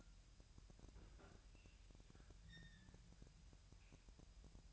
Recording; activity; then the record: daily activity, microphone in the room; open fridge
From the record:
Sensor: 2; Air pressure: 1001.8 hPa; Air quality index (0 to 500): 249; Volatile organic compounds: 38 ppm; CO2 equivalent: 3112 ppm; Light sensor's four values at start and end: 8/28/11/10 and 8/28/11/10